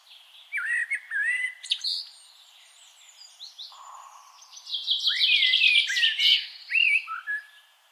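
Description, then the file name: Common blackbird song: mellow whistled notes, then a long, scratchy high-pitched twitter, with fluty notes returning at the end. "Turdus merula"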